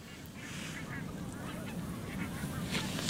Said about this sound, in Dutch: Ja, we zijn hier in Esima Keeg. Dat is een bekende vogelspotplek. Je hoort hier heel veel vogels om ons heen.